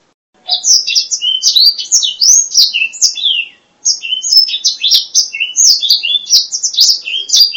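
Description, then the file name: Black-throated laughingthrush: energetic, high-pitched song of rapid varied whistles and trills in two long bursts separated by a brief pause. "suara kicauan burung blacksang. omkicau"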